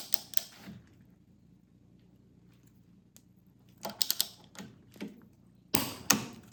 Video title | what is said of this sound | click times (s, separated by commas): EPAuto 1/2" Drive Torque Wrench Review - Is a $30 Torque Wrench Any Good? | Yep, heard a click. It's pretty loud, so you know that you've reached the right torque. | 6.1 s